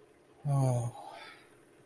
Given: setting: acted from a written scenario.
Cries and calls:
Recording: vocal sound without words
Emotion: serenity

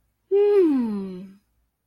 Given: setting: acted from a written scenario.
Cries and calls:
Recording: vocal sound without words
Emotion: ecstasy

